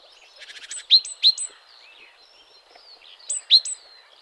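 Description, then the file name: Great tit calls: a brief buzzy rattle, then sharp high notes, two loud ones early and a few more later. "Parus major"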